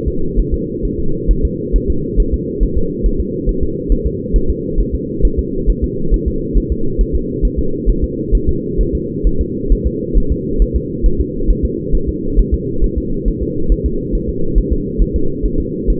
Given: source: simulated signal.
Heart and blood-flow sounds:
fetal heart sounds
0.08 s: S2
0.40 s: S1
0.54 s: S2
0.85 s: S1
0.99 s: S2
1.31 s: S1
1.45 s: S2
1.76 s: S1
1.90 s: S2
2.20 s: S1
2.34 s: S2
2.63 s: S1
2.78 s: S2
3.06 s: S1
3.20 s: S2
3.49 s: S1
3.63 s: S2
3.92 s: S1
4.06 s: S2
4.36 s: S1
4.50 s: S2
4.80 s: S1
4.95 s: S2
5.25 s: S1
5.39 s: S2
5.70 s: S1
5.84 s: S2
6.14 s: S1
6.28 s: S2
6.58 s: S1
6.72 s: S2
7.01 s: S1
7.15 s: S2
7.45 s: S1
7.59 s: S2
7.90 s: S1
8.04 s: S2
8.35 s: S1
8.49 s: S2
8.81 s: S1
8.95 s: S2
9.27 s: S1
9.41 s: S2
9.72 s: S1
9.87 s: S2
10.17 s: S1
10.32 s: S2
10.62 s: S1
10.76 s: S2
11.06 s: S1
11.20 s: S2
11.50 s: S1
11.65 s: S2
11.95 s: S1
12.09 s: S2
12.39 s: S1
12.54 s: S2
12.84 s: S1
12.98 s: S2
13.28 s: S1
13.42 s: S2
13.72 s: S1
13.86 s: S2
14.15 s: S1
14.29 s: S2
14.58 s: S1
14.73 s: S2
15.02 s: S1
15.16 s: S2
15.46 s: S1
15.60 s: S2
15.90 s: S1
From the record:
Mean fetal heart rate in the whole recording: 135 bpm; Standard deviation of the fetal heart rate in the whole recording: 3 bpm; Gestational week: 36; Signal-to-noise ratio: -8.1 dB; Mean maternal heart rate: 72 bpm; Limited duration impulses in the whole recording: present

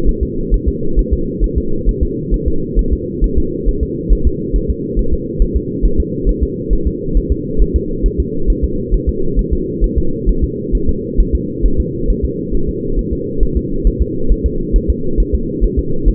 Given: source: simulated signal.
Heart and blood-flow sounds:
fetal heart sounds
0.09 s: S1
0.23 s: S2
0.54 s: S1
0.68 s: S2
0.99 s: S1
1.13 s: S2
1.44 s: S1
1.58 s: S2
1.89 s: S1
2.03 s: S2
2.34 s: S1
2.48 s: S2
2.79 s: S1
2.93 s: S2
3.24 s: S1
3.38 s: S2
3.69 s: S1
3.83 s: S2
4.13 s: S1
4.27 s: S2
4.56 s: S1
4.70 s: S2
4.99 s: S1
5.13 s: S2
5.42 s: S1
5.56 s: S2
5.85 s: S1
6.00 s: S2
6.29 s: S1
6.43 s: S2
6.73 s: S1
6.87 s: S2
7.17 s: S1
7.32 s: S2
7.62 s: S1
7.76 s: S2
8.06 s: S1
8.20 s: S2
8.50 s: S1
8.64 s: S2
8.94 s: S1
9.09 s: S2
9.39 s: S1
9.53 s: S2
9.84 s: S1
9.98 s: S2
10.29 s: S1
10.44 s: S2
10.75 s: S1
10.89 s: S2
11.20 s: S1
11.35 s: S2
11.66 s: S1
11.80 s: S2
12.10 s: S1
12.25 s: S2
12.55 s: S1
12.69 s: S2
12.99 s: S1
13.13 s: S2
13.43 s: S1
13.57 s: S2
13.87 s: S1
14.02 s: S2
14.32 s: S1
14.46 s: S2
14.76 s: S1
14.90 s: S2
15.20 s: S1
15.34 s: S2
15.64 s: S1
15.79 s: S2
16.08 s: S1
From the record:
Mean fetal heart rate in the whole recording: 135 bpm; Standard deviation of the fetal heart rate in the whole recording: 3 bpm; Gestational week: 36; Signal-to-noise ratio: -8.1 dB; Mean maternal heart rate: 72 bpm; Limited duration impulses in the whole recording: absent

